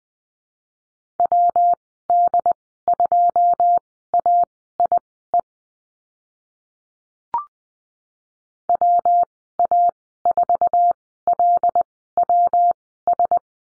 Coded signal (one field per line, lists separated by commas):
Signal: Morse code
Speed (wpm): 20 wpm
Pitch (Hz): 700 Hz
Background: none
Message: WD2AIE WA4LWS